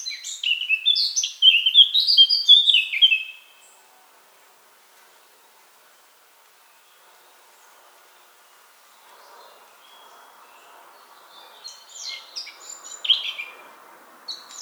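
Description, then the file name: Eurasian blackcap giving a brisk warbled phrase, then a long quiet gap with faint noise, and another warbling burst near the end. "Sylvia atricapilla"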